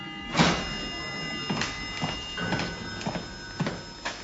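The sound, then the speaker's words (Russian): The front door of a house being opened: a sharp first clack followed by a string of lighter clicks and rattles, with a faint steady whine running underneath, and no voices. “Звук открываемой входной двери.”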